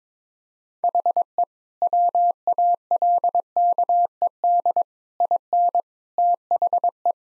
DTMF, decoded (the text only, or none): none